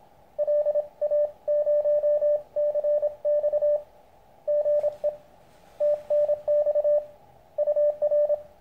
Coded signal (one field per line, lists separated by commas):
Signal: Morse code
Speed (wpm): 25 wpm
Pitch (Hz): 590 Hz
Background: radio noise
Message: LA0CX GE TNX UR